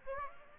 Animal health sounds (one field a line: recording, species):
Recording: mosquito wingbeat signal from an infrared sensor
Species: Aedes aegypti